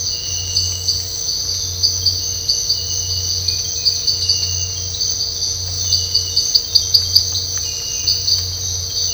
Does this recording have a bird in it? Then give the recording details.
no. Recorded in dense forest near Puerto Asís, Putumayo, Colombia, on 8 March 2025 at 06:00. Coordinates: 0.468, -76.322. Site GP01